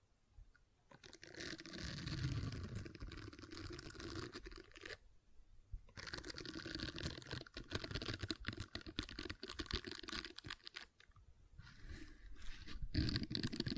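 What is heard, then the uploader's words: Dense squishing and crinkly tapping on silicone, with brief pauses around five and eleven seconds. ASMR Gentle Silicon Sounds for Sleep (No Talking).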